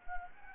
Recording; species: mosquito wingbeat signal from an infrared sensor; Anopheles gambiae